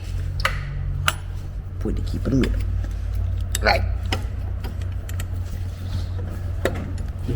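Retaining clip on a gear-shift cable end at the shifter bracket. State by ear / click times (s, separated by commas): not seated / none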